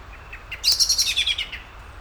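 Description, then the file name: Common blackbird call: a brief burst of rapid, high chattering notes lasting under a second, with faint earlier chips before it. "Turdus merula"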